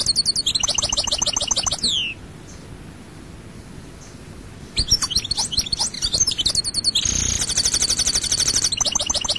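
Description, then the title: European goldfinch singing in two bursts of liquid twitters and dense buzzy trills, the first ending in a falling slur, separated by a few seconds of quiet. "Chant Chardonneret"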